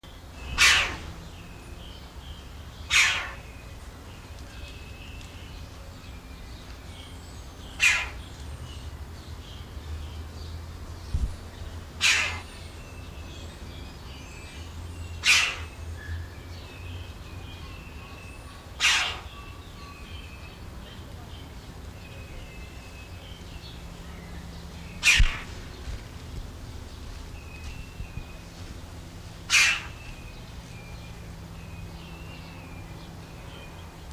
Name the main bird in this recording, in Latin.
Pyrrhocorax pyrrhocorax